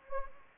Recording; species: mosquito wingbeat signal from an infrared sensor; Anopheles gambiae